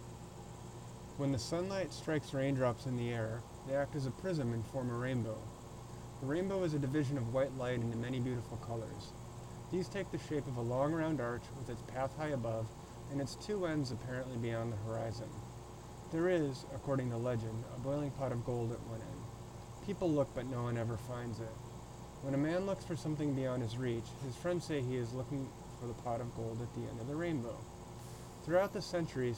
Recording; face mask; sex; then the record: reading aloud; surgical mask; male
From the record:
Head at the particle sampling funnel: tilted up or above it, chin in front of it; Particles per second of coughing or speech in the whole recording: 0.143